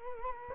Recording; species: mosquito wingbeat signal from an infrared sensor; Culex quinquefasciatus